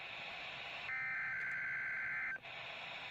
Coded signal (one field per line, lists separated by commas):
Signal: Emergency Alert System (SAME) tones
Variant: header bursts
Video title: EAS #272-273: Required Weekly Test